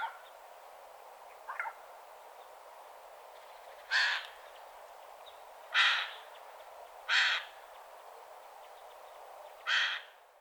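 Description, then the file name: Eurasian jay giving harsh, rasping screeches, four loud bursts at irregular intervals after a fainter opening note, over steady background hiss. "Garrulus glandarius"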